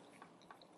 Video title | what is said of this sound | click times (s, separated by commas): TFC Toys AIAKOS (Guyhawk): EmGo's Transformers Reviews N' Stuff | Give it a little squeezy squeeze. I'll snap into place. | 0.5 s